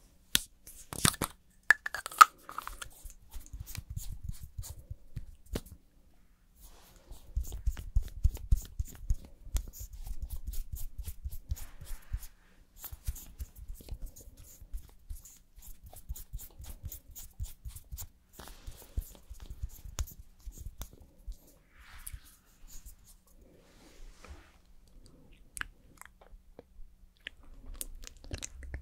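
Makeup and hair styling: dense bursts of soft brushing, tapping and crunchy clicks, with low rustling swells and brief pauses throughout.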